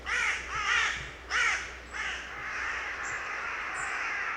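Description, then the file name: Carrion crow giving a few loud, grating caws in close succession, followed by a steady hiss of background noise. "Corvus corone"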